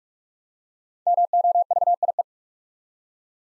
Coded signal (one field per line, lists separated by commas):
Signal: Morse code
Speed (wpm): 44 wpm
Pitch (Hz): 700 Hz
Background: none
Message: MOVIE